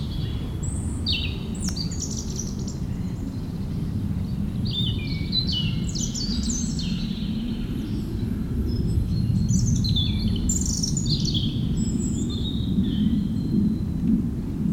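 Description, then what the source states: European robin song, a long string of high tinkling notes and trills, beneath a loud persistent low roar of aircraft noise. Singing in the huge Meerdaalbos forest at Oud-Heverlee, Belgium, with planes taking off.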